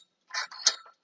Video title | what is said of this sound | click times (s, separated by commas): Step by Step Set Up Of Portable Heavy Duty Car Shelter Canopy 10 x 20 ft from Quictents.com | there it is it snapped in | 0.7 s